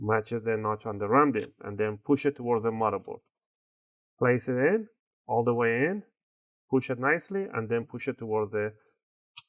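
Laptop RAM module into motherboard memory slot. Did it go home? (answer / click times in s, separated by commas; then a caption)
yes / 9.4 s. A SO-DIMM RAM module is inserted at an angle into the memory slot of an HP ProBook 450 G1 laptop and pressed down towards the motherboard, while someone talks through most of the clip. A single sharp click at 9.4 s marks the side retention clips snapping over the module, and the RAM is seated.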